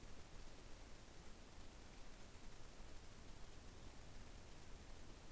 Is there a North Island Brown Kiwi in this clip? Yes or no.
no